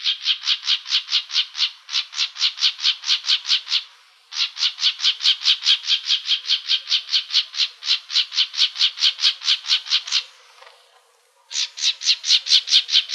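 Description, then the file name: Plumbeous vireo harsh chatter calls, rapid scratchy notes in long runs, with short pauses between series. Calls recorded in Arizona. "PLVI CALLS deviche"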